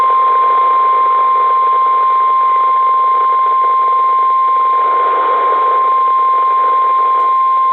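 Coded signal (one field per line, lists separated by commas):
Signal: Emergency Alert System (SAME) tones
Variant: 1050 Hz attention tone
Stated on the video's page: Morning Required Weekly Test SAME tones from NWS Ruskin weather radio, plus a relayed test.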